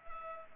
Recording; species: mosquito wingbeat signal from an infrared sensor; Culex pipiens